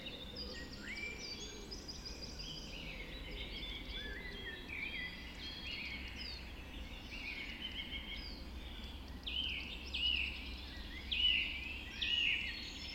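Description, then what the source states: Dawn chorus of birds, many overlapping songs with rising whistles, trills and warbles, louder piping notes late on, steady low background noise beneath. Dawn chorus recorded just after dawn in the Forest of Dean.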